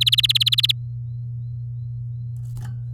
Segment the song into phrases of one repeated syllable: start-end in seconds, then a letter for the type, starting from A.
0.01-0.72 A